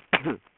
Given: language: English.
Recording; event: throat vibration sensor signal played as sound; cough